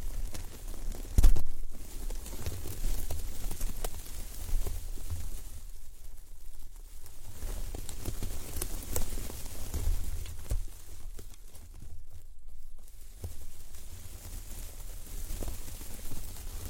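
Plants are rubbed in circles around the ears, giving a soft, continuous rustling and brushing with a low rumble underneath. Sharp crackling taps pop out here and there, the loudest near the start, and the rustle briefly thins out twice along the way.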